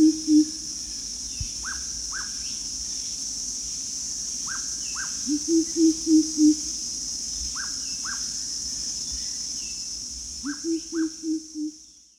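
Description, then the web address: Greater coucal repeating short bursts of four or five low hoots several seconds apart, while another bird gives paired downslurred whistles and insects drone steadily at high pitch. Recorded 1 April 2006. "DANUM. greater coucal"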